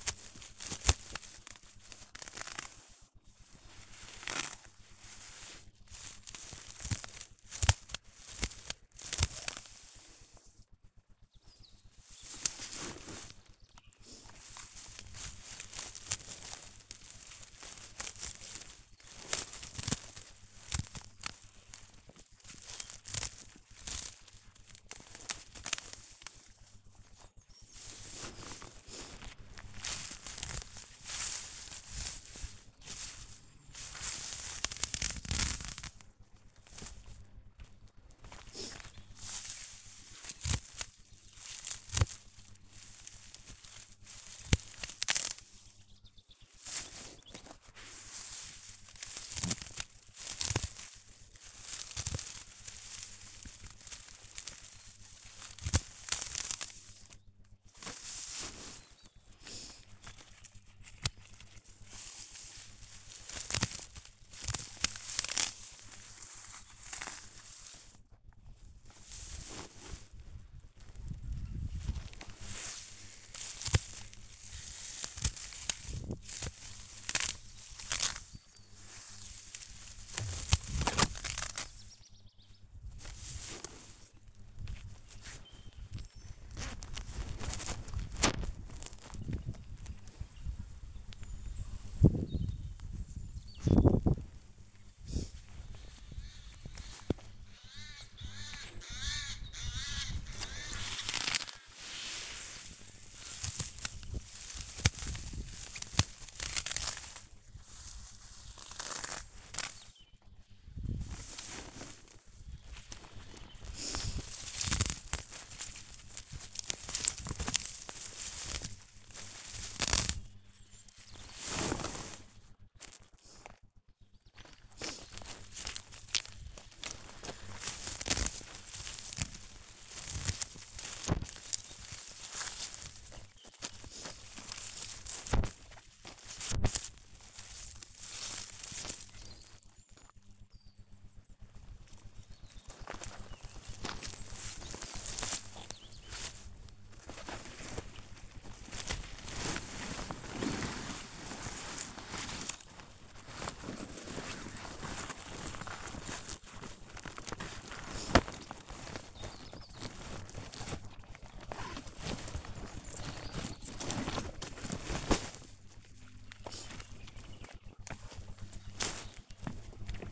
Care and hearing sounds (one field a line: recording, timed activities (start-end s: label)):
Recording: household activities, microphone on the right wrist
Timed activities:
0.00-165.21 s: cutting plants (near water)